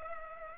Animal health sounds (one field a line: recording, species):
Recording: mosquito wingbeat signal from an infrared sensor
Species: Culex pipiens